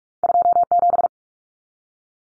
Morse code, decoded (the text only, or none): 27